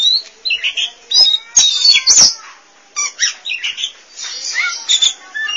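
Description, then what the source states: Oriental magpie-robin song with varied whistles, slurred notes and harsh scratchy bursts in short phrases separated by brief pauses. Song (kicauan).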